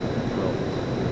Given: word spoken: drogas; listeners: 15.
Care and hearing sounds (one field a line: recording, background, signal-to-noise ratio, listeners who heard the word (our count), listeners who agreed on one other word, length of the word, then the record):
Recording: one Spanish word in noise, from a listening test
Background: speech-shaped noise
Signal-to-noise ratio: -6.7 dB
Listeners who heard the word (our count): 0 of 15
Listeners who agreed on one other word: 7 of 15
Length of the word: 0.72 s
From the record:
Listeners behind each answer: 7, 2, 1, 1, 1, 1, 1, 1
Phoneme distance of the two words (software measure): 40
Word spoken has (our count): 2 syllables, 6 phonemes, stress on syllable 1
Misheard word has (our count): 2 syllables, 6 phonemes, stress on syllable 1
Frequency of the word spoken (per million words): 47.54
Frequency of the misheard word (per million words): 90.21